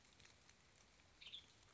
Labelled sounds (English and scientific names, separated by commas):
Western Tanager (Piranga ludoviciana)